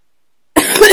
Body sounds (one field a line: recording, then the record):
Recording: coughing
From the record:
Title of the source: 30 Chesty and wet cough